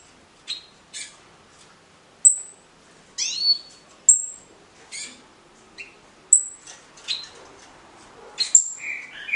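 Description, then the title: Green-winged saltator song fragments: scattered single whistled and sharp high notes, widely and irregularly spaced, with soft background noise. Captive nine-month-old young bird from the Criatório do Nego breeder in Cambé, Paraná; song style called Voz 06. "Canto De Trinca Ferro Voz 06. FILHOTE COM 09 MESES CRIATÓRIO DO NEGO (Cambé Pr)"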